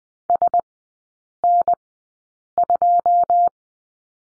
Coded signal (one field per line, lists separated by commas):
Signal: Morse code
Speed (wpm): 20 wpm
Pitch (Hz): 700 Hz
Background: none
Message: S N 2